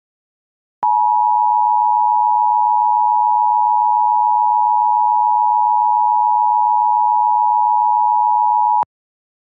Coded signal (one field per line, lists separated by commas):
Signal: Emergency Alert System (SAME) tones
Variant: 853 and 960 Hz attention tone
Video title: EAS Mock: PA Severe Thunderstorm Warning.